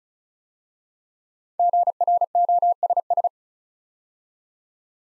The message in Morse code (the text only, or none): GROSS